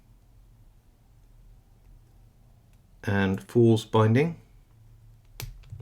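A Stanley 70mm 'Handbag' padlock is picked with a hook pick and tension tool, and someone talks briefly from about 3.0 to 4.4 s as the last binding pin, pin 4, is worked. At 5.4 s the shackle pops open from the lock body with a sharp snap, and a few faint ticks follow: the padlock is released.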